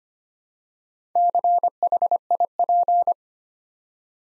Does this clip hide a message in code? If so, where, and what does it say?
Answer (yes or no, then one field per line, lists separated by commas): yes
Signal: Morse code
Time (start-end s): 1.2-3.1 s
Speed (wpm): 25 wpm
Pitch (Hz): 700 Hz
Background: none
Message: CHIP